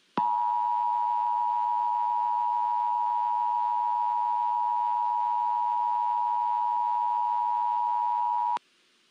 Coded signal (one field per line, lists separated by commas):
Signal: Emergency Alert System (SAME) tones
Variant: 853 and 960 Hz attention tone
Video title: EAS During Hey Duggee On PBS Kids (WTTW) 2/31/2024